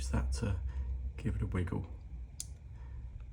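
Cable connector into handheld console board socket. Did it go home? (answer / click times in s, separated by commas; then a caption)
partly / 2.4 s. Someone talks while a cable connector is wiggled with a tool as it is fitted into a board socket on a Steam Deck handheld console. A sharp click comes at 2.4 s, followed by a faint tick near 3.2 s. The connector is only half seated, with its alignment line showing it is not all the way in, so the fit is not good enough.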